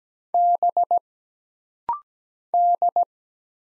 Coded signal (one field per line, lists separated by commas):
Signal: Morse code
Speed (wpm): 17 wpm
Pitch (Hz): 700 Hz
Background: none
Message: B D